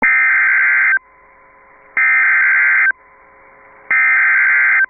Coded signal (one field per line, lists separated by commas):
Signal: Emergency Alert System (SAME) tones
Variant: header bursts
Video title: Severe Thunderstorm Warning (Liberty and Polk Counties, TX) (12/28/24) [EAS #95]